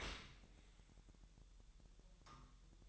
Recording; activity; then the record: daily activity, microphone in the room; open dishwasher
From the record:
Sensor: 3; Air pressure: 1000.6 hPa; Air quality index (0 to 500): 248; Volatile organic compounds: 172 ppm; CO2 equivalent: 4115 ppm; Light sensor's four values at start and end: 11/26/10/10 and 11/26/10/10